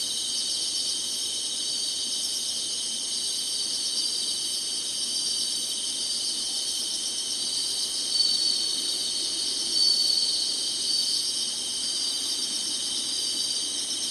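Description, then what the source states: Insect chorus of continuous high-pitched trilling, with two short louder surges after the midpoint and no other clear sounds. Singing insects in summer.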